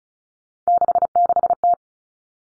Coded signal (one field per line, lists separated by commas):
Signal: Morse code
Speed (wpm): 34 wpm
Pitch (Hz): 700 Hz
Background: none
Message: 66T